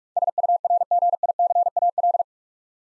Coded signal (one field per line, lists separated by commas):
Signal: Morse code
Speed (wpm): 44 wpm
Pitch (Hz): 700 Hz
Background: none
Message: SURGICAL